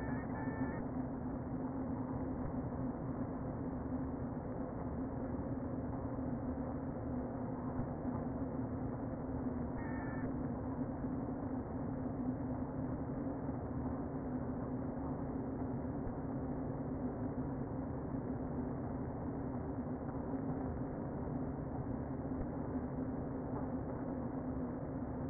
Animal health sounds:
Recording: honeybee colony, microphone inside the hive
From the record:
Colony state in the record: queen present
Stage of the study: before two queens were removed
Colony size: about 60,000 bees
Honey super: yes

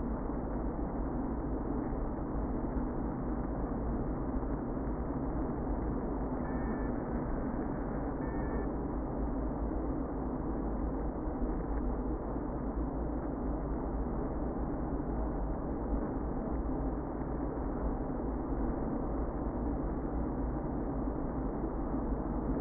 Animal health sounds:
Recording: honeybee colony, microphone inside the hive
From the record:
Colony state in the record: queen present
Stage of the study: before two queens were removed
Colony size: about 60,000 bees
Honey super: yes

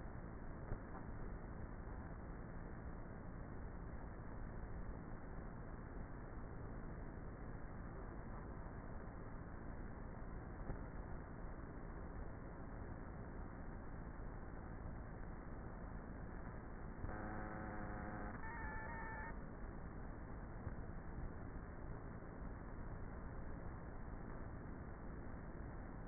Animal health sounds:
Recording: honeybee colony, microphone inside the hive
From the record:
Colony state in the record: queenless with a low population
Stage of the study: before two queens were removed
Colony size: about 30,000 bees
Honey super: no

